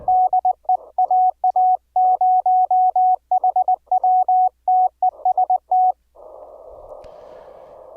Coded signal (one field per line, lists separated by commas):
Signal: Morse code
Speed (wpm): 20 wpm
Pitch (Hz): 740 Hz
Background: radio noise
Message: DE AA0HW TEST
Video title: Remote control your HAM RADIO RIG with REAPER and a Raspberry PI